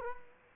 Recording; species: mosquito wingbeat signal from an infrared sensor; Culex quinquefasciatus